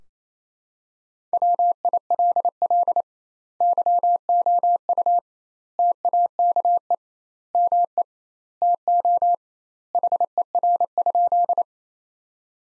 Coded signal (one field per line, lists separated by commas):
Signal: Morse code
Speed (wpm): 27 wpm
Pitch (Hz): 700 Hz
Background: none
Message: WILL YOU TAKE ME TO HER?